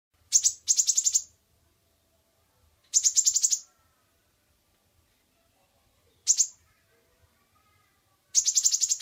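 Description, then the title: Oriental magpie-robin giving harsh, buzzy, rattling bursts of high notes, each under a second long, separated by pauses of up to about two and a half seconds, against a quiet low background. Champion contest bird singing prolifically (gacor). "Kacer Juara Gacor"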